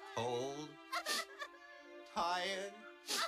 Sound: crying